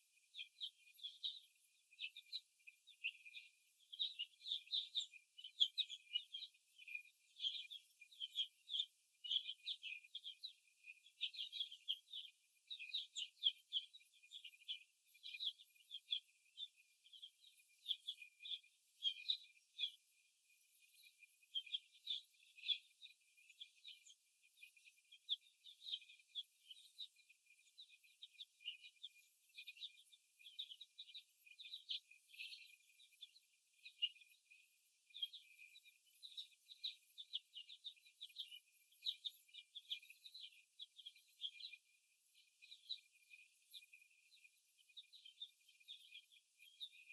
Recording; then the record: young laying hens in a cage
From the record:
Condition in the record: after the stressor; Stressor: simulated dog barking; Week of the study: 1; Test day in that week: 2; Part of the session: 2